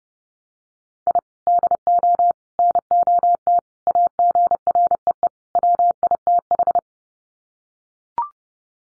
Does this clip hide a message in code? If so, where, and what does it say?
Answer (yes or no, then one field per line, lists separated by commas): yes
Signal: Morse code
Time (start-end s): 1.1-6.8 s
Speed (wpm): 30 wpm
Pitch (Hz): 700 Hz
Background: none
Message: I DO NOT AGREE WITH